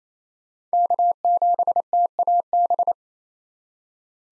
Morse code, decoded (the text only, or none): K7TAB